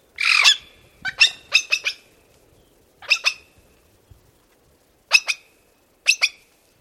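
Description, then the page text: Black-throated magpie-jay squawking: a long harsh note, then groups of a few rasping calls separated by pauses. "Micah Riegner - Черногорлая сорочья сойка (Calocitta colliei)"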